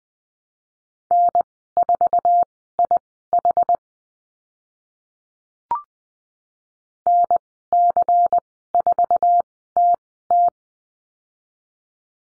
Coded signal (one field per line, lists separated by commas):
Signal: Morse code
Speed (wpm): 20 wpm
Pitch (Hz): 700 Hz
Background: none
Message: N4IH NC4TT